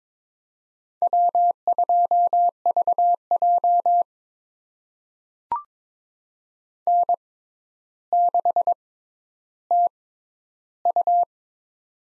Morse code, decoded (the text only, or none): W2VJ N6TU